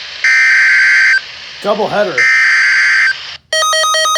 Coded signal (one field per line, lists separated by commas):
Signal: Emergency Alert System (SAME) tones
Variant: header bursts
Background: speech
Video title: (DOUBLE HEADER!!) Flash Flood Warning and Severe Weather Statement (EAS #147-148)